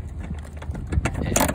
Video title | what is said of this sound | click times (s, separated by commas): HogWorkz backrest. Is it worth it? #hogWorkz #motovlog #supportmvc #j&pcycles #backrest #ultra | just so you can hear your clicking and that way it holds it in place | 1.1 s, 1.4 s